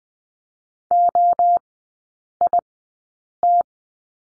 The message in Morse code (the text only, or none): OIT